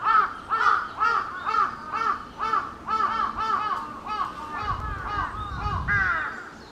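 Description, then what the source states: Large-billed crow giving a fast series of harsh, arched caws, about two per second, with a low rumble of background noise late. Recorded on 22 July 2021.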